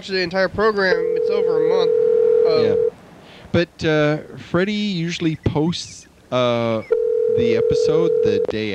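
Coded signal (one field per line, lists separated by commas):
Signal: telephone call progress tone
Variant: North America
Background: speech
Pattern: ringback tone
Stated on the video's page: Heard during phone calls made live on a local cable TV talk show.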